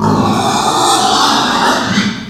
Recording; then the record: squeal of a Yucatan mini pig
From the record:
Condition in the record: after surgery on the right vocal fold (resection and tissue-engineered implant); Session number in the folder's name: 13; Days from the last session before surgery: 113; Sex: female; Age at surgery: 19 weeks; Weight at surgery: 25 kg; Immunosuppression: prednisolone